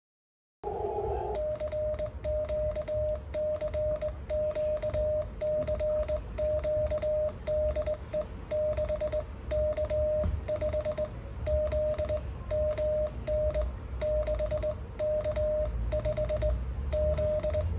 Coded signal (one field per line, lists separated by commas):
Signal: Morse code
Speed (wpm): 20 wpm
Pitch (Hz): 610 Hz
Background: radio noise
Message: CQ CQ CQ DE 6K5Z MN 6K5Z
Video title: 이세계에서는 내가 모스 부호 능력자?